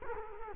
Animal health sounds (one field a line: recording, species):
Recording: mosquito wingbeat signal from an infrared sensor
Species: Culex quinquefasciatus